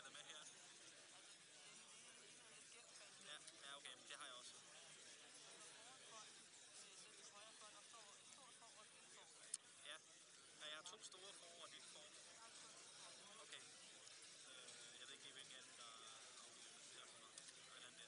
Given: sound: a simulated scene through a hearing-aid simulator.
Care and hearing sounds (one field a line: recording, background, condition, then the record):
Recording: conversation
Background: cafeteria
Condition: -4 dB SNR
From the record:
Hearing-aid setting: II (fast-acting compression, audibility-based gain, advanced features for about 2.5 dB of SNR improvement)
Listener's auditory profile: C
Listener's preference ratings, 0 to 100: 47, 29, 28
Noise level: 65 dB SPL